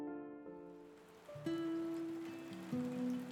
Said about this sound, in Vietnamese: Sáng hôm sau, rã rích mưa phùn tháng 7, sương mù phủ kín cả khu phố.